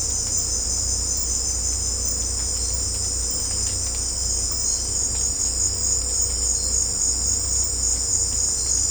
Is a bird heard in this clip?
no